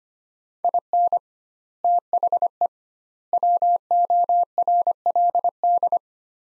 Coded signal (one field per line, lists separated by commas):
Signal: Morse code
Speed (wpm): 25 wpm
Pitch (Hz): 700 Hz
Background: none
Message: IN THE WORLD